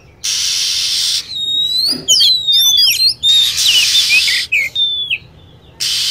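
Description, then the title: Lovebird calling with a cluster of sharp, rapidly sliding whistles and chirps, between steady blocks of loud hiss at the start and end. Lure sound used to attract lovebirds. "PIKAT BURUNG LOVEBIRD"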